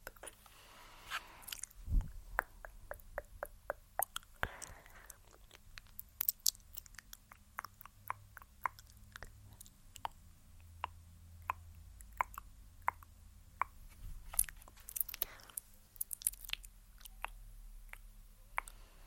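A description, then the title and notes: Fingers touch and tap a face in quick, irregular soft clicks and moist pops throughout, with a low steady hum and occasional brushing swishes. Face Touching.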